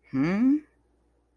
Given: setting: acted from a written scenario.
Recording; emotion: vocal sound without words; confusion